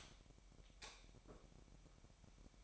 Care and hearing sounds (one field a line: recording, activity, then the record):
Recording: daily activity, microphone in the room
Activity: light off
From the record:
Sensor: 1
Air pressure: 1012.0 hPa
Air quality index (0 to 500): 232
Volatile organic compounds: 6 ppm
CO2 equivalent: 1851 ppm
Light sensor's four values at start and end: 15/41/16/18 and 12/30/12/14